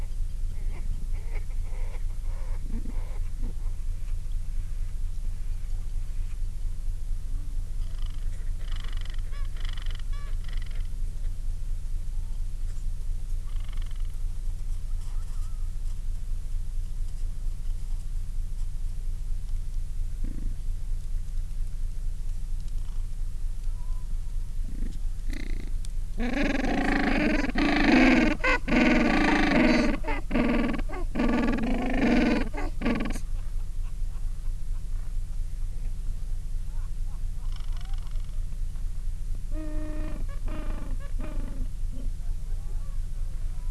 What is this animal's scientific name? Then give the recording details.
Pygoscelis papua. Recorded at the colony at Almirante Brown, Antarctica, on 14 December 2015. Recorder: Song Meter SM2+